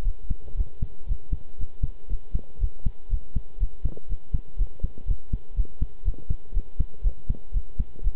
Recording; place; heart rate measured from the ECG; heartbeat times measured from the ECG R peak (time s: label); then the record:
heart sounds by stethoscope; between the tricuspid and mitral areas; 120 bpm
0.04 s: heartbeat
0.56 s: heartbeat
1.08 s: heartbeat
1.59 s: heartbeat
2.09 s: heartbeat
2.60 s: heartbeat
3.10 s: heartbeat
3.60 s: heartbeat
4.09 s: heartbeat
4.58 s: heartbeat
5.07 s: heartbeat
5.56 s: heartbeat
6.05 s: heartbeat
6.54 s: heartbeat
7.03 s: heartbeat
7.53 s: heartbeat
8.03 s: heartbeat
From the record:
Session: pedaling a stationary bicycle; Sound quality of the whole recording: good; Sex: male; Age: 23 years